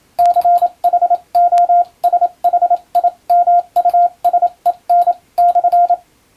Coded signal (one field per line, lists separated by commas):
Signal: Morse code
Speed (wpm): 27 wpm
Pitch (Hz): 700 Hz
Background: radio noise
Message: CHOSHIMUSEN/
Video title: モールス受信練習用！アマチュア無線ハムの受信練習にYouTubeの再生速度を自分の好みに調整して毎日聴いてみよう！欧文ＣＷをエレキーで打っています(morse code learning)